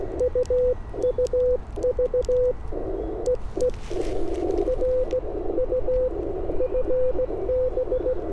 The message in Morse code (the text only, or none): UUV EE R U FB